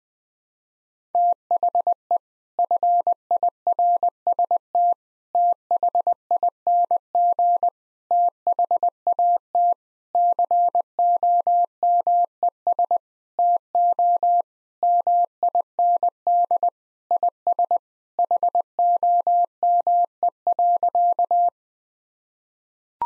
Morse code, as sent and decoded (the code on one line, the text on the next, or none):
- .... . / ..-. .. .-. ... - / - .... .. -. --. / - .... .- - / -.-. --- -- . ... / - --- / -- .. -. -.. / .. ... / .... --- -- . .-.-.-
THE FIRST THING THAT COMES TO MIND IS HOME.